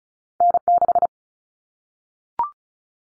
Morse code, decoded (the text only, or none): N6